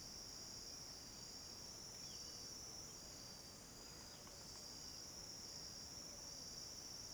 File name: Coro de grilos em fim de tarde com alguns passaros